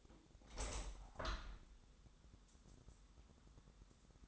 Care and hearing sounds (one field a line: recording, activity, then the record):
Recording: daily activity, microphone in the room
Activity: open window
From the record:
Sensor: 3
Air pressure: 1000.5 hPa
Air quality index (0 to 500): 138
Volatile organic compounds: 2 ppm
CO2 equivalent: 1200 ppm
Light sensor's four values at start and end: 13/36/14/16 and 14/37/15/17